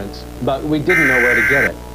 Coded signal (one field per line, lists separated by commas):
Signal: Emergency Alert System (SAME) tones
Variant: header bursts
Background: speech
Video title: (OLD) The National EAS Test Hijacking of 2011